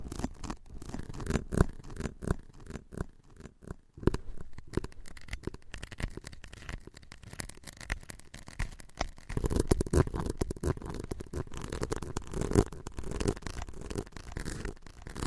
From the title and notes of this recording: On this episode, a special tapping & scratching ASMR episode.